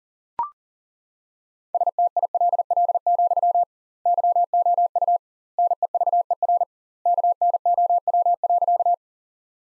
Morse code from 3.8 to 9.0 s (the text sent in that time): YOU NEVER KNOW.